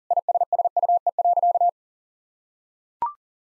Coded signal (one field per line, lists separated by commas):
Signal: Morse code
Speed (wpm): 39 wpm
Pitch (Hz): 700 Hz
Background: none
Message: ISSUE.